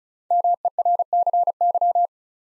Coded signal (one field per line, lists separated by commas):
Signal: Morse code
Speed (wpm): 36 wpm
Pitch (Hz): 700 Hz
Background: none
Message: MERCY